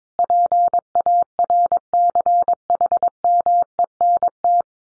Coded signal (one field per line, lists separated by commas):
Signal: Morse code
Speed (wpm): 22 wpm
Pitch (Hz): 700 Hz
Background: none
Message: PARCHMENT